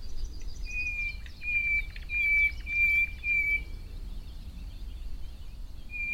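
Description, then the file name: Common nightingale singing a series of drawn-out pure whistles, each held steady and repeated about every half second, over background noise. "Luscinia megarhynchos"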